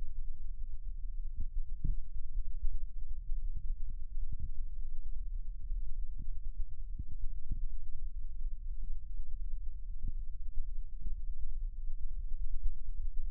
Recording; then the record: forearm muscle sounds (acoustic myography)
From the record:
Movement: rest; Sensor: system 1, eight BSWA MPA416 microphones around the upper forearm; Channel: 8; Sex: male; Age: 21 years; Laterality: right